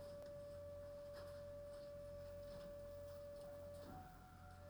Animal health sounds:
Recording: poultry house recording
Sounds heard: no chicken sound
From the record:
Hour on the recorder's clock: 23

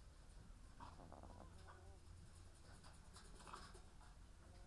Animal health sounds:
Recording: poultry house recording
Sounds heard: sick chickens (respiratory disease)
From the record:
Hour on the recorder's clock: 15

